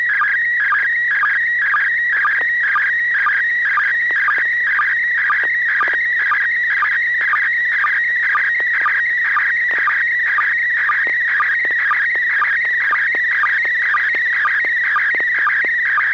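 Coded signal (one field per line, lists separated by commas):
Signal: SSTV (slow-scan television)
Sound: warbling tone scanning lines, with short low sync chirps about twice a second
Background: low steady hum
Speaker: looks like some neighbor or Neil has a really really fancy uh Halloween set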